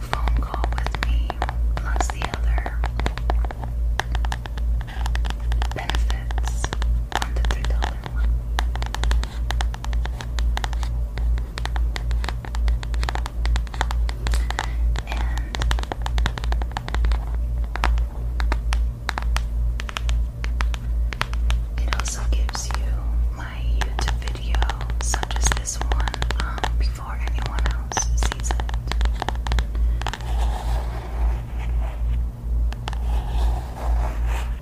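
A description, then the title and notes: Long nails tap and scratch on various objects in quick, dense clusters of sharp clicks that continue throughout, with brief scraping stretches. A steady low hum sits underneath, and soft voice-like sounds seem to drift in. Tapping and scratching on many new objects, with my super long nails.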